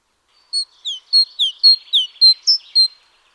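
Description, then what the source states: Great tit delivering one brisk phrase of nine high notes, alternating short steady whistles with sharp downward slurs, in near silence. Nominate subspecies Parus major major; Indonesian name gelatik batu.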